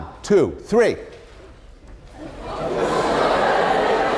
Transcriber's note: laughter